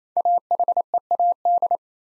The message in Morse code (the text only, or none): AHEAD